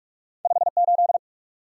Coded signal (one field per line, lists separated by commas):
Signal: Morse code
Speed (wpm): 44 wpm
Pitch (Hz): 700 Hz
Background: none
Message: 5 8